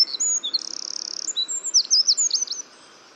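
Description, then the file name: Eurasian wren song: a high buzzing trill followed by a string of sharp zipping notes, stopping suddenly. "Troglodytes troglodytes"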